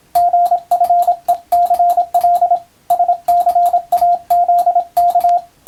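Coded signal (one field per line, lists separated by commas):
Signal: Morse code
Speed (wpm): 27 wpm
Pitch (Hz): 700 Hz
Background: radio noise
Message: GFECL SCAZK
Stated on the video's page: Morse practice for the Japanese radiotelegraph operator exam, using a European-language telegram practice book.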